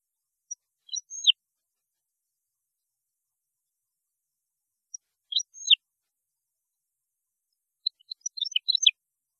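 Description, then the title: European goldfinch song, three short high twittered phrases a few seconds apart, the last one longer and more jumbled. "Chant Chardonneret"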